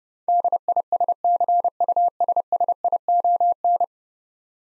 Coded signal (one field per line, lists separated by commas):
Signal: Morse code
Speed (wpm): 30 wpm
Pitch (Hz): 700 Hz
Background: none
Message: DISCUSSION